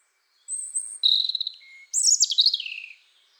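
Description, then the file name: European robin singing a short phrase of thin, high whistles and rapid twittering trills. "Erithacus rubecula"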